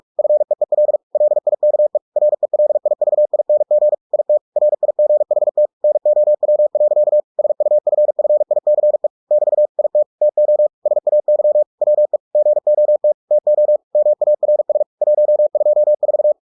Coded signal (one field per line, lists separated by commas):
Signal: Morse code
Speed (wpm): 46 wpm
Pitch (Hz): 600 Hz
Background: none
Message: FEEL LIKE RELIVING IT RIGHT NOW. SUFFICE <BT> IT TO SAY WE GOT TO MARS 124